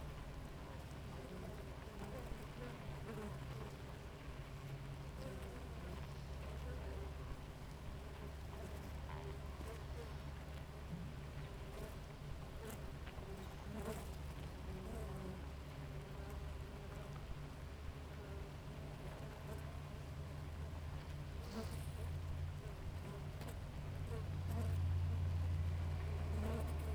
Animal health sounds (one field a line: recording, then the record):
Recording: honeybee colony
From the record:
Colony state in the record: active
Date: 28 July 2017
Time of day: 5:16